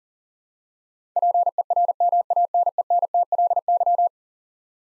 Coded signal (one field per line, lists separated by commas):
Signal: Morse code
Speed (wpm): 40 wpm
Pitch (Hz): 700 Hz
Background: none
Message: PERMANENTLY